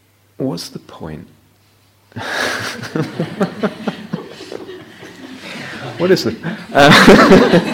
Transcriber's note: laughter